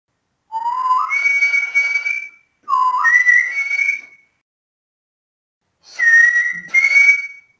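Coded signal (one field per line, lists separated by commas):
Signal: whistled language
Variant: Silbo Gomero, French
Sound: three whistled phrases with rising and gliding pitch, separated by short pauses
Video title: SILBO GOMERO DEL MUNDO: FRANCÉS/IMPRESCINDIBLE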